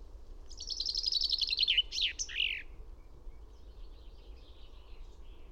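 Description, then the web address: Finch singing one rapid trilled phrase that drops in pitch and closes with emphatic downslurred notes, followed by faint bird twittering over steady background noise. "fugl b-finke"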